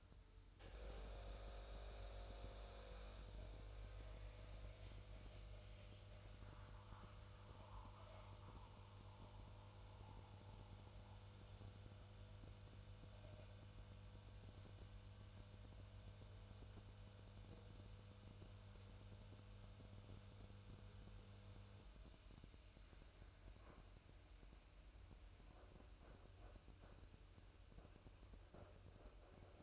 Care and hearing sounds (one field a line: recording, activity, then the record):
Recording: daily activity, microphone in the room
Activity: make coffee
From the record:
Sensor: 2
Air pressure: 988.3 hPa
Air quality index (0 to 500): 189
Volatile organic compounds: 171 ppm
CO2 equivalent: 4109 ppm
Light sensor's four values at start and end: 20/69/27/26 and 20/69/27/26